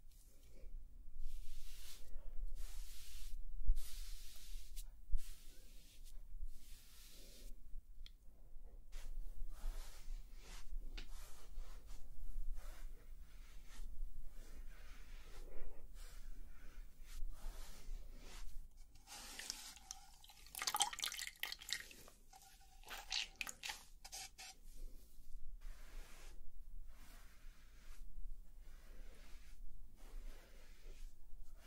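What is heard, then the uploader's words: Dry rubbing strokes come one after another, in short irregular swipes through a faint steady low hum. Around twenty to twenty-four seconds the strokes turn brighter and scratchier, with a thin squeaky tone slipping in, before the softer rubbing resumes. ASMR Sauna Spa Treatment Roleplay (Oil Massage & Facial w Layered Sounds).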